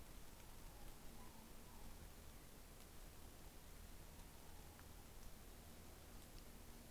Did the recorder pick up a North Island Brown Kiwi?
no